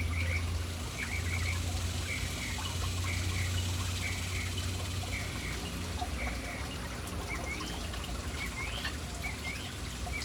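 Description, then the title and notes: Birds calling in a series of short chirps over loud, steady water noise. City birds hanging around a fountain in an urban setting. "Urban birds at fountain. Relaxing sounds of City Birds hanging around fountain"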